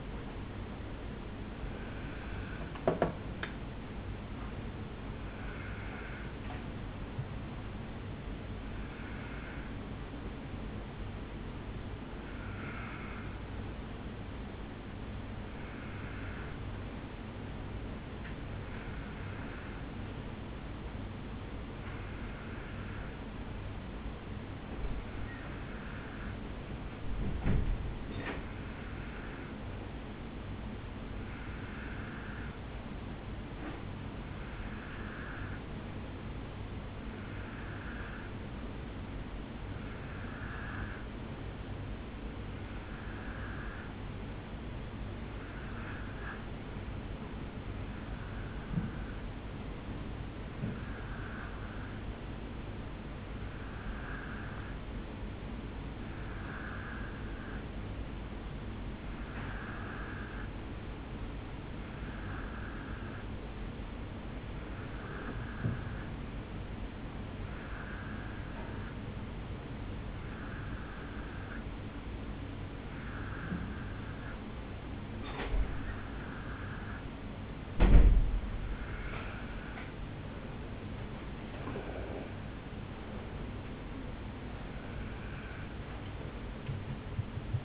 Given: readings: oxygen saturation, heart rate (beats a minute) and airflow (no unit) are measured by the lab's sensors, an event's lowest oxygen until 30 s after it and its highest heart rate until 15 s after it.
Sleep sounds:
breathing in sleep by a voice recorder at the bedside; 1
20.00-77.40 s: hypopnea (N1, oxygen 94% highest, then 90% lowest, heart rate 61 at the start, 70 highest)
30.00-87.65 s: new sleep stage, N2 (light sleep)
From the record:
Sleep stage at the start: N1 (lightest sleep); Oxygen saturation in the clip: 89 to 94%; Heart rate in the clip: 58 to 70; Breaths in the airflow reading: 29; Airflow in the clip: -5.6 to 5.8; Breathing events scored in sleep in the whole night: 449 in 7.0 hours asleep

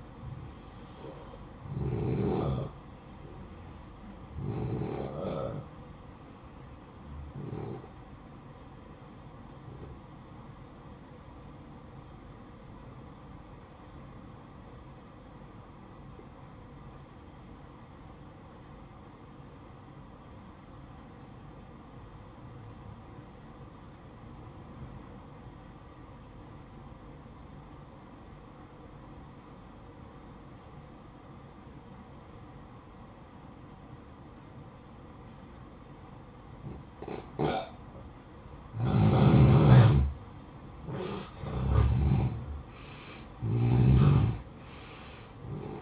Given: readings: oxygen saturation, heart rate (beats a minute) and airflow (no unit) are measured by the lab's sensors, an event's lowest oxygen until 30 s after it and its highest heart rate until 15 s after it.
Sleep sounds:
breathing in sleep by a smartphone at the bedside; 1
4.00-45.82 s: new sleep stage, N1 (lightest sleep)
12.00-38.40 s: obstructive apnea (N1, oxygen 94% highest, then 85% lowest, heart rate 57 at the start, 69 highest)
From the record:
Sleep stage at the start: N2 (light sleep); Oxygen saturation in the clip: 85 to 94%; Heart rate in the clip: 55 to 69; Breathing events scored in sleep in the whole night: 573 in 9.8 hours asleep

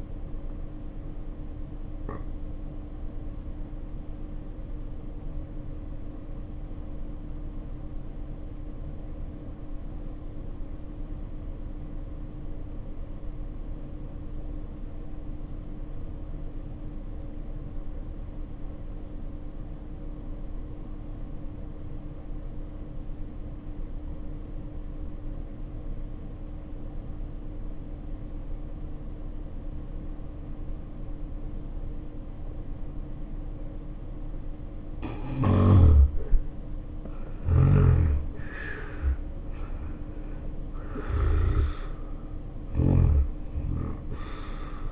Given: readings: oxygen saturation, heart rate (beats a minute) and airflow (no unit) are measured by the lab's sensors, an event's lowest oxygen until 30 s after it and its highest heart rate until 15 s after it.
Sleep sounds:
a person awake in a sleep study, by a smartphone at the bedside; 1
3.00-33.00 s: new sleep stage, awake
3.00-35.50 s: obstructive apnea (N1, oxygen 92% highest, then 66% lowest, heart rate 60 at the start, 84 highest)
10.00-36.00 s: awake
33.00-44.92 s: new sleep stage, N1 (lightest sleep)
From the record:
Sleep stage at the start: N1 (lightest sleep); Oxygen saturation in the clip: 68 to 92%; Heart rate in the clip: 60 to 84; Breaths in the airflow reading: 4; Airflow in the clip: -5.0 to 6.4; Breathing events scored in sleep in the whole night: 520 in 7.2 hours asleep

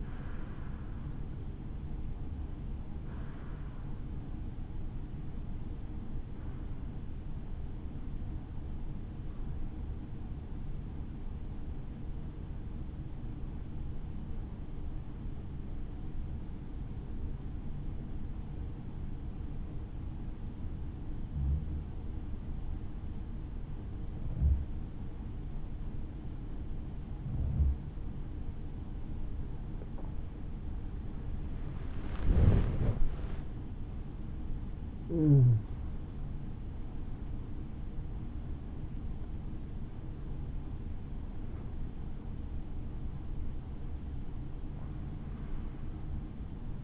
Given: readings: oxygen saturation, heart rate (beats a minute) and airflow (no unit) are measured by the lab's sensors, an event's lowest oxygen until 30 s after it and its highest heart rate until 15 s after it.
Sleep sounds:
breathing in sleep by a smartphone at the bedside; 1
4.00-27.20 s: hypopnea (REM, oxygen 96% highest, then 93% lowest, heart rate 58 at the start, 77 highest)
From the record:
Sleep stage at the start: REM sleep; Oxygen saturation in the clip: 93 to 96%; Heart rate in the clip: 56 to 77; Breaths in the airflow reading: 14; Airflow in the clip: -8.1 to 7.5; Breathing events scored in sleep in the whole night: 216 in 7.0 hours asleep

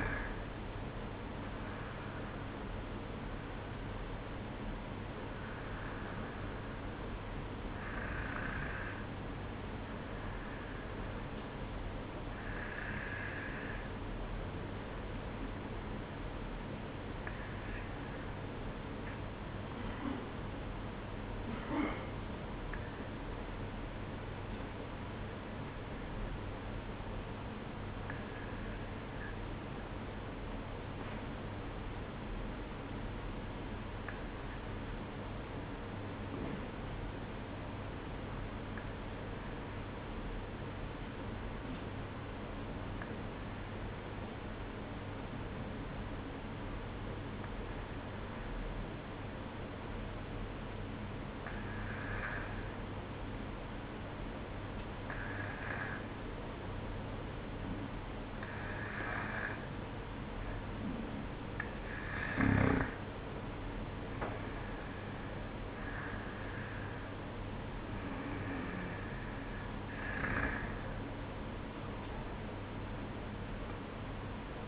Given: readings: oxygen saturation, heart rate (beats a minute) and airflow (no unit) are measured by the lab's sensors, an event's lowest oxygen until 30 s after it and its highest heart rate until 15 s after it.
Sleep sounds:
breathing in sleep by a voice recorder at the bedside; 1
31.00-61.70 s: hypopnea (N2, oxygen 96% highest, then 92% lowest, heart rate 52 at the start, 61 highest)
69.00-74.68 s: new sleep stage, N1 (lightest sleep)
From the record:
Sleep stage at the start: N2 (light sleep); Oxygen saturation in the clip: 93 to 96%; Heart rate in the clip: 50 to 61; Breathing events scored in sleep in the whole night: 305 in 9.6 hours asleep

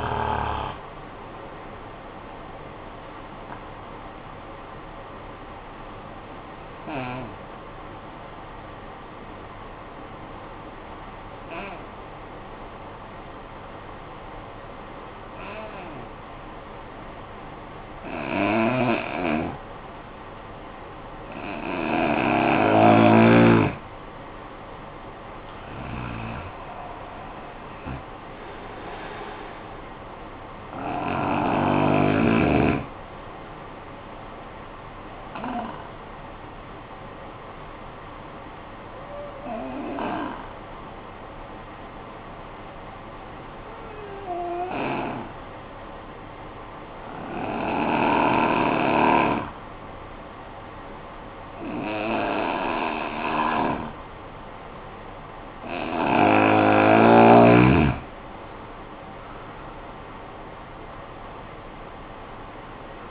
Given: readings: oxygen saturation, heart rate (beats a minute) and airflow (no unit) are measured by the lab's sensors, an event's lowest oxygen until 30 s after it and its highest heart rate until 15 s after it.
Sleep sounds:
breathing in sleep by a voice recorder at the bedside; 2
6.00-25.00 s: hypopnea (N2, oxygen 96% highest, then 83% lowest, heart rate 51 at the start, 76 highest)
38.00-55.80 s: hypopnea (N2, oxygen 93% highest, then 81% lowest, heart rate 48 at the start, 73 highest)
From the record:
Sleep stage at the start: N2 (light sleep); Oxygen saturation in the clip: 83 to 96%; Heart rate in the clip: 48 to 76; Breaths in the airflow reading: 13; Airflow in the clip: -15.7 to 9.0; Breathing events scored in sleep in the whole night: 445 in 7.6 hours asleep

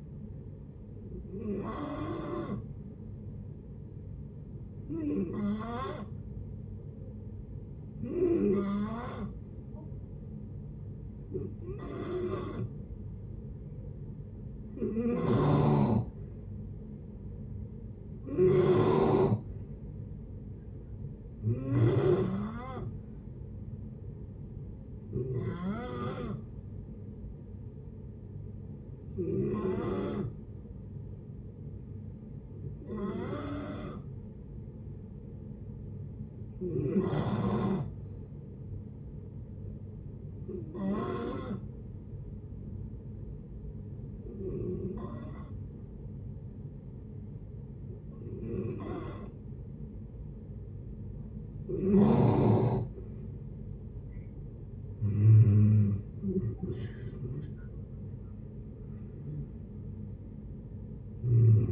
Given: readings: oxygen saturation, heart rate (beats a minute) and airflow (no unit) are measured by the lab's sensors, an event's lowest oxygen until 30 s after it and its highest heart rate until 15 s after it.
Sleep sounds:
breathing in sleep by a smartphone at the bedside; 1
44.00-56.40 s: hypopnea (N2, oxygen 92% highest, then 88% lowest, heart rate 62 at the start, 79 highest)
From the record:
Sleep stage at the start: N2 (light sleep); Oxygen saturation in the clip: 88 to 93%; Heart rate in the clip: 57 to 79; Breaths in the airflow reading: 17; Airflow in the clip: -12.8 to 11.4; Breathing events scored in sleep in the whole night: 496 in 5.4 hours asleep

